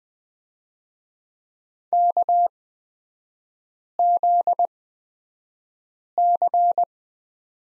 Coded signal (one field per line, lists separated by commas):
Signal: Morse code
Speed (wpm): 20 wpm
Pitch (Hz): 700 Hz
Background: none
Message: KZC